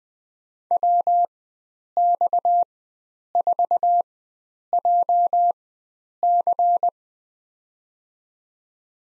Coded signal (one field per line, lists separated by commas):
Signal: Morse code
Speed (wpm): 20 wpm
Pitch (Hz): 700 Hz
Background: none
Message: WX4JC